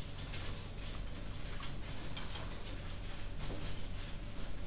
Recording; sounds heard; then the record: poultry house recording; no chicken sound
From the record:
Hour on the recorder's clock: 22